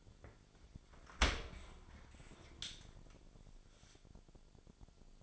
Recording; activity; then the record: daily activity, microphone in the room; open dishwasher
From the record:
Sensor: 5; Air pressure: 1006.9 hPa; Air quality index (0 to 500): 182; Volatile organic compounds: 5 ppm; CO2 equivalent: 1732 ppm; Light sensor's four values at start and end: 54/151/59/60 and 54/151/59/60